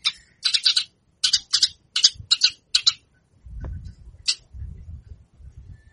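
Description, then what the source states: Javan bush lark song: a string of high chirps, then low muffled thumps and rustling with one more chirp. Song described as super special, rich in isian.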